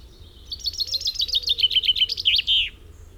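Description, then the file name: Common chaffinch song: a run of sharp, high notes that drifts slightly downward over about two seconds and ends in a distinct flourish. "Fringilla coelebs"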